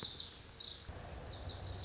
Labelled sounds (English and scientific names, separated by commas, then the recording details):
Lazuli Bunting (Passerina amoena)
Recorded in Sonoma County, California